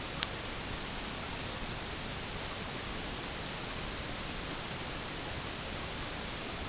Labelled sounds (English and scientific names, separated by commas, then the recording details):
none
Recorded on Arctic tundra, site EABA-MC, on 22 June 2019
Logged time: 16:00